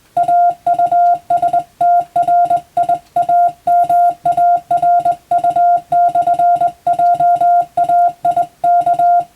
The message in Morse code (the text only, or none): AUSTRIAMARU/JAIK